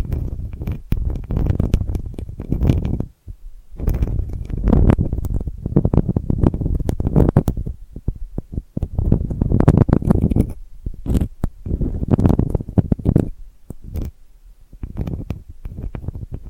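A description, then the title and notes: Delicate scratching comes in dense, uneven bursts of rough, low-heavy scraping, with short pauses near three, eight, eleven and fourteen seconds. ASMR Delicate Scratching for Sleep (No Talking).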